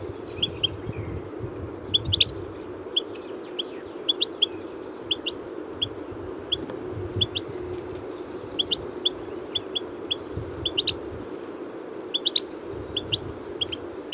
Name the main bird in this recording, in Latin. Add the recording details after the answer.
Carduelis carduelis. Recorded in captivity. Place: Kuchelmiß, Mecklenburg-Vorpommern, DE. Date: 1980-05-18. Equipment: Nagra III BH, Sennheiser MD 21, parabola. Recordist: Schubert, Michael. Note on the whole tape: Rufe Stieglitz z. T. viel Wind; Baumrauschen (Gefangenschaftsvogel)